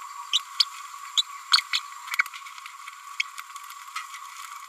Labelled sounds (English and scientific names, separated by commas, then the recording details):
Green-rumped Parrotlet (Forpus passerinus) babbling
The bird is a female
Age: 31 days
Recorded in a nest box in Venezuela
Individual 17B102A6